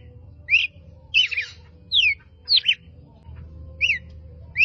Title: Canto Galo Campina Fêmea. Galo de Campina Chamando para borboletas ( Canto de Pássaros )